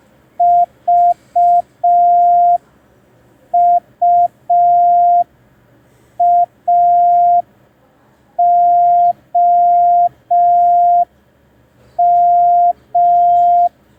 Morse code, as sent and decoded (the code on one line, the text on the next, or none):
...- ..- .- --- --
VUAOM